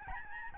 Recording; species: mosquito wingbeat signal from an infrared sensor; Aedes albopictus